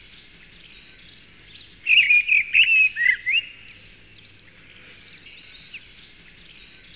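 Bird giving one quick warbling phrase of bright, twisting whistled notes, followed by fainter notes.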